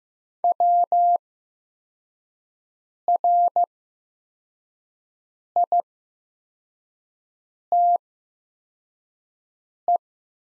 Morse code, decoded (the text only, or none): WRITE